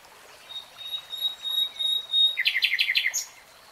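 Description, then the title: Nightingale song: soft drawn-out whistled notes, then a fast run of repeated harsh chirps near the end. Nightingale singing, recorded in real time. "[Tiếng chim hót] 3 Hours REALTIME Nightingale Singing"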